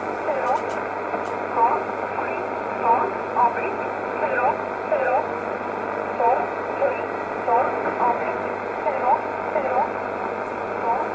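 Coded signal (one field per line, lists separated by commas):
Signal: numbers station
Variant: E11 Oblique, English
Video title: 04 10 2019 E11 Oblique Numbers station in English 0821 on 5941 unknown tx site in USB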